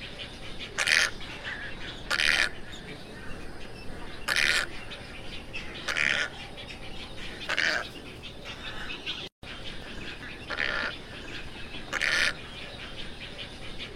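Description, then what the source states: Tricolored heron calling with several rasping, croaking notes at intervals, with constant hiss behind. Call (canto).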